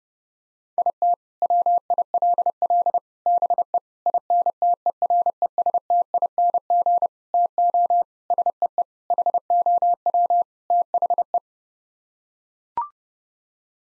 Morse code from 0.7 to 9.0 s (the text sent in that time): IT WILL BE INTERESTING TO SEE